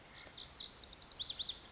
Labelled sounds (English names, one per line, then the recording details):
Lazuli Bunting
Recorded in Sonoma County, California